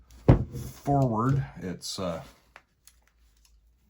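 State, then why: Not seated. Someone talks while trying to bring the slide forward onto the frame of an FN Browning Model 1922 .32 ACP pistol during reassembly, but it will not go because the barrel is not seated. A sharp knock comes near the start, and faint short ticks follow the talk at about 2.6 s and 2.9 s. Nothing has seated or clicked yet.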